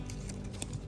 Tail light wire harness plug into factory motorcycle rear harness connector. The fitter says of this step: and just snaps right in. Whoops, snaps right in, sorry about that.